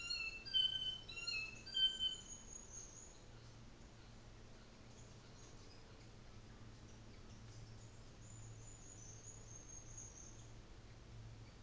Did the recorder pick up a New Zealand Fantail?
yes